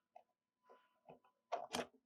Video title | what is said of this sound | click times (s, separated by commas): The JCB Tools 1500W Rotary Hammer 21-RH1500 - Unboxing & Assembly (and other useful tips!) | there we go it's gone fully in | 1.8 s